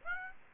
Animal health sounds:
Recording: mosquito wingbeat signal from an infrared sensor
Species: Aedes aegypti

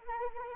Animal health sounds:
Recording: mosquito wingbeat signal from an infrared sensor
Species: Anopheles arabiensis

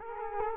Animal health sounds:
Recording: mosquito wingbeat signal from an infrared sensor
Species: Culex quinquefasciatus

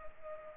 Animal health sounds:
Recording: mosquito wingbeat signal from an infrared sensor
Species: Culex pipiens

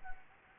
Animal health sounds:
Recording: mosquito wingbeat signal from an infrared sensor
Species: Anopheles gambiae

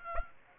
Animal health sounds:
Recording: mosquito wingbeat signal from an infrared sensor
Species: Aedes aegypti

